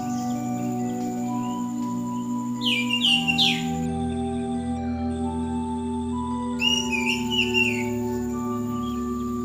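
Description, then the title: Bird giving short clusters of sharp chirps twice, separated by a stretch of hum, with a persistent low drone throughout. "SuaraBurung Kicau"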